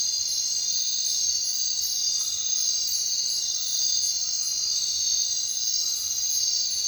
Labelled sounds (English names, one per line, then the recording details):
none
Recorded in secondary vegetation near Puerto Asís, Putumayo, Colombia, on 23 June 2025 at 00:00
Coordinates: 0.499, -76.323
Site G077